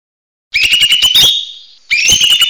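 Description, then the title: Bird singing a quick stuttering trill of high chirps that ends in a fading drawn-out note, then starts another fast trill. "SuaraBurung Kicau1"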